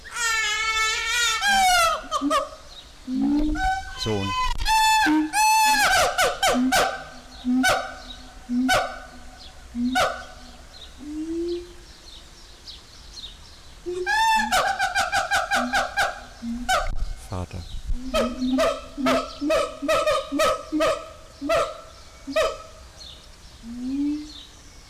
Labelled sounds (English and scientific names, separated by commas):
Siamang (Symphalangus syndactylus)